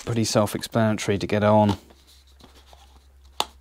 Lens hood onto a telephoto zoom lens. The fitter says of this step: yeah nice click what a lovely look to it and there it is full extension well quite a way